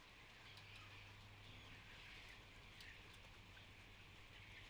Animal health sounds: poultry house recording; healthy chickens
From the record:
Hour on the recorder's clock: 14

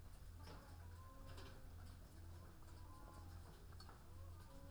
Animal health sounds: poultry house recording; sick chickens (respiratory disease)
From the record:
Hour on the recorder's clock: 14

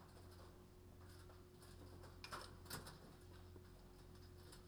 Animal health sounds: poultry house recording; no chicken sound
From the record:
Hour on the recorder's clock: 22

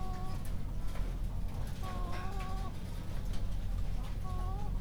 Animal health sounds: poultry house recording; sick chickens (respiratory disease)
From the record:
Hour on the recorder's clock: 0

